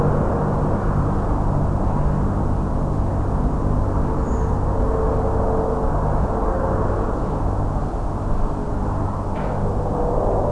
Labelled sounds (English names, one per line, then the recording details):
Redwing
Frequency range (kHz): Redwing 6.1-7.4 kHz
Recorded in France